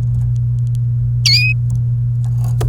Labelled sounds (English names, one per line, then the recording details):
Domestic Canary song
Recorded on 29 April 2018 at 17:06
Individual llb3